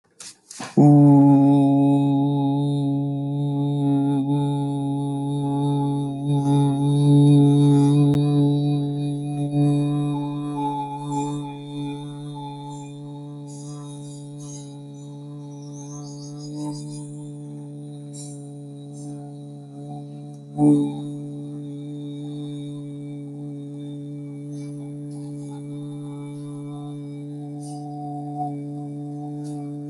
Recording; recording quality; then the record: sustained vowel as in boot; excellent, no background noise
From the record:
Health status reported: healthy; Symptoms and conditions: none ticked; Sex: male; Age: 33 years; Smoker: not ticked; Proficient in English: yes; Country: India